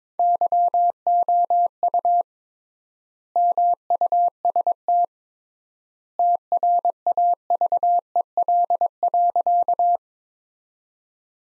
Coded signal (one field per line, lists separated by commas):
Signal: Morse code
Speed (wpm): 22 wpm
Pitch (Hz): 700 Hz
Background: none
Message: YOU MUST TRAVEL.